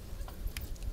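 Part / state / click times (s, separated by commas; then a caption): arc adjustment tool onto a sprinkler nozzle / seated / 0.6 s. A plastic arc adjustment tool is fitted onto a sprinkler rotator nozzle to change the spray arc. Faint low rumble and a few soft taps are heard, then a sharp, short click at 0.6 s as the tool locks into place. The tool is seated on the nozzle.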